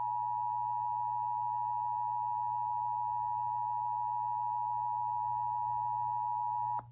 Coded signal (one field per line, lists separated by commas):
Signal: Emergency Alert System (SAME) tones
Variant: 853 and 960 Hz attention tone